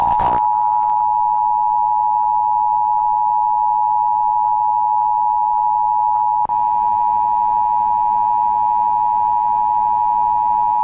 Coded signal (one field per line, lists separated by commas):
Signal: Emergency Alert System (SAME) tones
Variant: 853 and 960 Hz attention tone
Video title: Rating EAS (A-Z) #30 (Final)